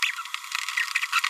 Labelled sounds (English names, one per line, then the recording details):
Green-rumped Parrotlet babbling
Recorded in a nest box in Venezuela
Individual 18B25A5